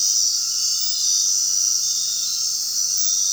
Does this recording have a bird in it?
no